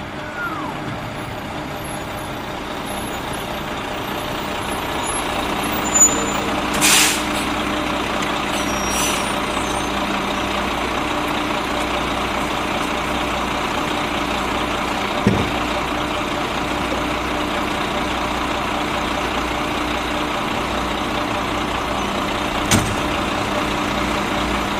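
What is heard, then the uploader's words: A garbage truck's engine idles in a steady low rumble, with sharp hisses near seven seconds and brief clanks around fifteen and twenty-three seconds. Garbage Trucks.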